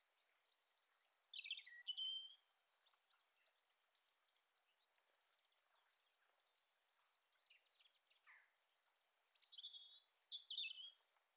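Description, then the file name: European robin singing high, thin phrases with steep slurred whistles, a long quiet gap with faint scratchy notes, then a final sweet, descending phrase. "Erithacus rubecula"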